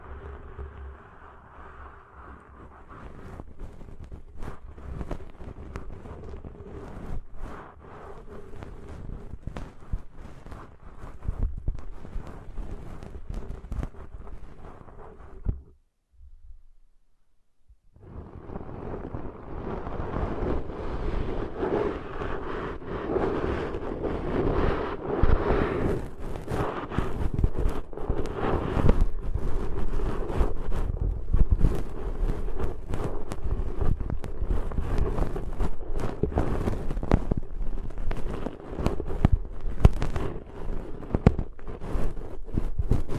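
Ear cleaning sounds: dense scratching and rubbing with a low rumble and a steady hum for the first fifteen seconds. Near 16 seconds everything drops out for about two seconds, then returns louder and brighter, with crackly scraping bursts continuing to the end.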